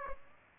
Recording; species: mosquito wingbeat signal from an infrared sensor; Aedes aegypti